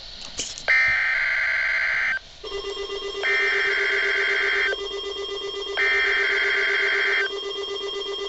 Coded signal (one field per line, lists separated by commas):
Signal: Emergency Alert System (SAME) tones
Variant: header bursts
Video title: NOAA - RWTs (EAS #1,484 - 1,485)